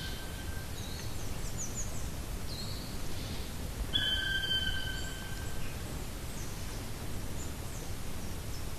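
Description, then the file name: Black woodpecker giving long, level, drawn-out whistled calls, one early and one later, with a brief higher note between them, over a steady low rumble of background noise. "patrick franke-schwarzspecht-black woodpecker-dryocopus martius"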